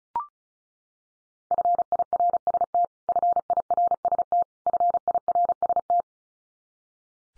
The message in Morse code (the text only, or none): FIRST FIRST FIRST